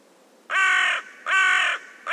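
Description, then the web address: Bird giving loud, harsh, drawn-out cawing calls, two full calls and the start of a third, each about half a second long. "cianscape. Deverinetal. Bird Only"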